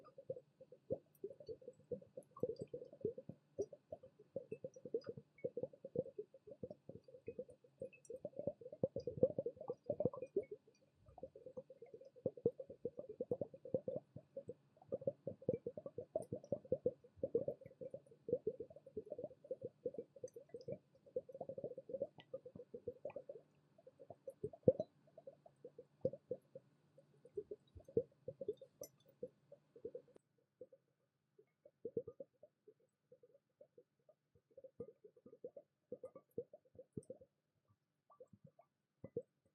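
Gurgling water bubbles continuously, a dense run of small low plops and glugs packed closely together. The bubbling stays busy through the first thirty seconds, then thins into sparser bursts with brief gaps toward the end. No other sounds stand out.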